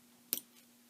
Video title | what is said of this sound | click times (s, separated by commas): Olive Vanity Bag Modification by Swoon Patterns | And I just heard a click then, so that means the zipper pull is on. | 0.3 s